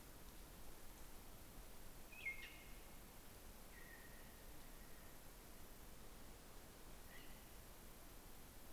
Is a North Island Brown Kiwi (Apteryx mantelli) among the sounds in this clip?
no